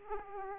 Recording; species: mosquito wingbeat signal from an infrared sensor; Aedes aegypti